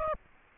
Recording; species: mosquito wingbeat signal from an infrared sensor; Aedes aegypti